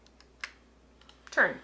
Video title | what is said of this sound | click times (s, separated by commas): Coping with Post-Project Drift - Wool n' Spinning, ep. 335 | But the spindle fits into that little hole there and it literally just pops into place. | 0.4 s